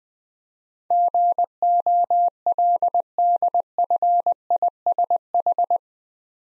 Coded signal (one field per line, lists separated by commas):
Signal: Morse code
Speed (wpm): 20 wpm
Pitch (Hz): 700 Hz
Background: none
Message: GOLDFISH